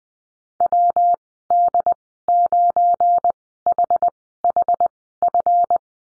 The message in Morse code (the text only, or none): WD9HHF